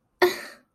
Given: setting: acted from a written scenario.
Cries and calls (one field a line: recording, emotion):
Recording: vocal sound without words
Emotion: contempt